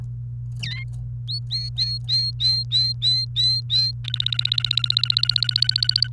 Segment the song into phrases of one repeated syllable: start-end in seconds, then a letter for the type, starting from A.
0.62-0.84 A, 1.28-3.92 B, 4.04-6.08 C